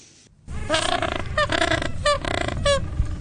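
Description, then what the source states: Gentoo penguins braying in a colony: several harsh, honking calls in bursts, with a low rumbling background. Colony in Antarctica.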